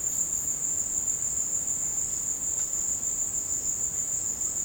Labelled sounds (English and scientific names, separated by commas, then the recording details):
none
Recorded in secondary vegetation near Puerto Asís, Putumayo, Colombia, on 19 March 2025 at 16:30
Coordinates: 0.485, -76.322
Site G040